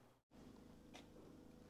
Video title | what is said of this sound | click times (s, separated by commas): Project: Pepper - Unravelling the ELECTRICAL ISSUES In My PORSCHE 911 | push it in and then flip that white lever all the way till it clicks all right | 1.0 s